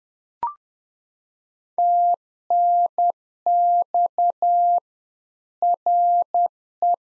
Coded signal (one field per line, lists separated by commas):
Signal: Morse code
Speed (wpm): 10 wpm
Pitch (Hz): 700 Hz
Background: none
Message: TNX RE